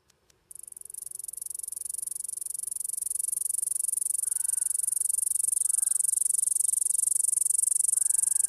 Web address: Songs of Insects. Canadian Cicada